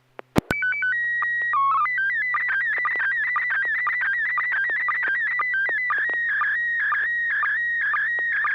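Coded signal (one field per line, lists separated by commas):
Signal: SSTV (slow-scan television)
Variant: PD 120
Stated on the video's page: Weekly amateur SSTV net on a 441.300 MHz FM repeater, images exchanged using MMSSTV software.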